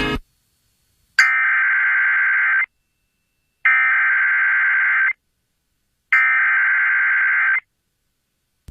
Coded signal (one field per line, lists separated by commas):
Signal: Emergency Alert System (SAME) tones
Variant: header bursts